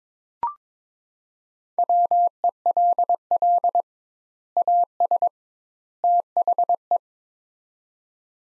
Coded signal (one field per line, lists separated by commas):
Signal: Morse code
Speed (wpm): 22 wpm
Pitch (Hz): 700 Hz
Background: none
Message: WELL AS THE